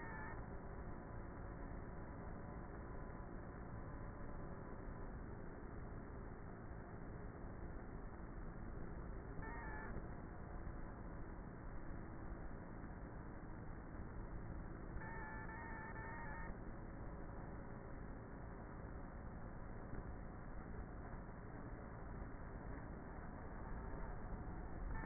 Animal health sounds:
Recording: honeybee colony, microphone inside the hive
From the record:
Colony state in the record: queenless with a low population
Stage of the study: before two queens were removed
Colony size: about 30,000 bees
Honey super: no

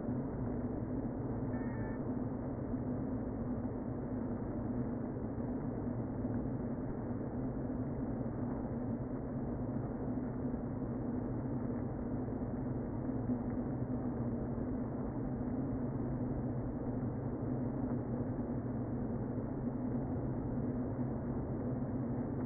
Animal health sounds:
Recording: honeybee colony, microphone inside the hive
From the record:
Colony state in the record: queen present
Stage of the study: before two queens were removed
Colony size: about 60,000 bees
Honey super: yes

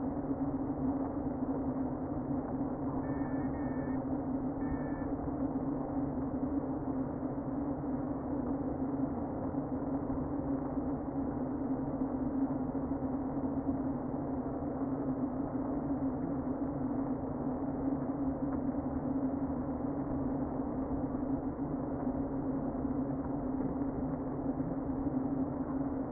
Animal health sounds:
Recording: honeybee colony, microphone inside the hive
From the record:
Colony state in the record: queen present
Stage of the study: before two queens were removed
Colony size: about 60,000 bees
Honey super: yes

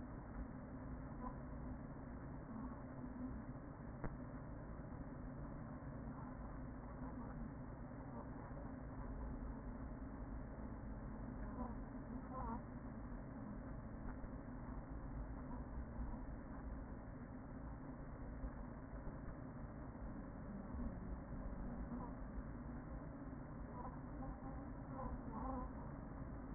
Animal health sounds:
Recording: honeybee colony, microphone inside the hive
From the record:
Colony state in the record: queen present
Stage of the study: after two queens were removed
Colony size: about 40,000 bees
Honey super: no

